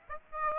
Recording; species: mosquito wingbeat signal from an infrared sensor; Aedes aegypti